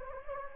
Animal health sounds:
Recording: mosquito wingbeat signal from an infrared sensor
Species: Anopheles gambiae

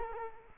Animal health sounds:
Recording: mosquito wingbeat signal from an infrared sensor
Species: Culex quinquefasciatus

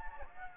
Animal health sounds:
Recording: mosquito wingbeat signal from an infrared sensor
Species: Anopheles gambiae

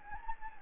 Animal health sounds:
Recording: mosquito wingbeat signal from an infrared sensor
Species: Anopheles gambiae

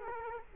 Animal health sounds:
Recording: mosquito wingbeat signal from an infrared sensor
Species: Culex quinquefasciatus

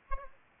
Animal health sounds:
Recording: mosquito wingbeat signal from an infrared sensor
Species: Aedes aegypti

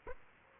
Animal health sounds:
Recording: mosquito wingbeat signal from an infrared sensor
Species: Aedes aegypti

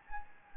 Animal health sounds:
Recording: mosquito wingbeat signal from an infrared sensor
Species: Anopheles gambiae

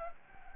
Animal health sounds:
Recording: mosquito wingbeat signal from an infrared sensor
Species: Anopheles gambiae

